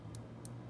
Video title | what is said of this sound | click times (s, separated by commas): LaView Security Camera Review - LaView Wireless Security Camera HD 1080P - LaView Wifi Camera Setup | Yep, you can hear it click in. | 0.2 s, 0.4 s